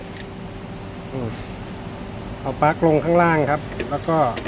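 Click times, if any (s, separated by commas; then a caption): none. Someone talks while handling the wiring connector plug for a new fog lamp bulb on a Nissan Navara pickup, holding the plug facing down to push it onto the bulb until it locks. A brief faint tick is heard near 0.2 s under a steady background hum, but nothing has seated or clicked yet.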